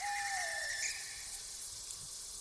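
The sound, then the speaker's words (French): A white bird perched on the roof of a building lets out one thin, squealing call that slides downward in pitch over about a second, then fades into a steady background hiss. No one speaks. “Un fantôme? Un oiseau? Ouais, c'est bien ça. On l'entend plus loin maintenant.”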